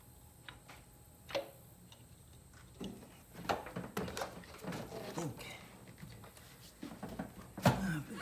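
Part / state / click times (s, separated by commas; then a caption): distributor into engine block / not seated / none. A distributor is worked down into the engine block of a 454 Vortec during reinstallation after the intake job. Several light knocks and ticks are heard, the sharpest near 1.3, 3.5, 4.0, 4.2 and 7.7 seconds. The distributor has not seated or clicked into place yet; this attempt made it worse and it is not fully seated.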